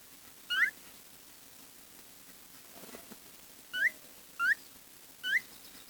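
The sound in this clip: Bird calls: short, sharply rising chirps, given once early and then three times in quick succession toward the end, over a faint low hum.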